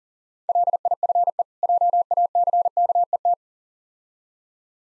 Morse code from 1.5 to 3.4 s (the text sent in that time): JACKET